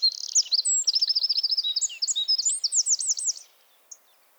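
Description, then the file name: Eurasian wren song, a vigorous three-and-a-half-second stream of very high, rapid trills and rolling notes, ending with one short chip. "Troglodytes troglodytes"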